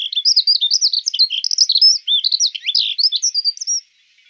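Accentor song: a hurried, jumbled stream of thin, high twittering notes rising and falling rapidly, running almost four seconds without a break.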